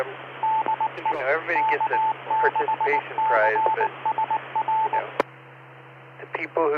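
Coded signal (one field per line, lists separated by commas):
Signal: Morse code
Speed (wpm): 19 wpm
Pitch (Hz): 880 Hz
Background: speech, radio noise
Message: DE K6CSR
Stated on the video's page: Heard while monitoring local 2m traffic: FM simplex, SSB, AllStarLink, D-Star, NXDN rail and fire systems.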